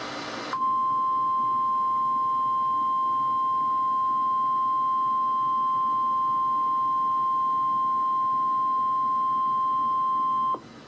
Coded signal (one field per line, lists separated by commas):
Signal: Emergency Alert System (SAME) tones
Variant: 1050 Hz attention tone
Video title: EAS #52-54: Required Weekly Test